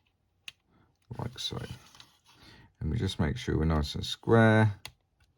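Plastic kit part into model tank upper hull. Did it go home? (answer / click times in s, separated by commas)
no / none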